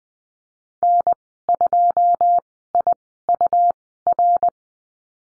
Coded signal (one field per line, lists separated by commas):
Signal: Morse code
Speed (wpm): 20 wpm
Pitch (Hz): 700 Hz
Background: none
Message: N2IUR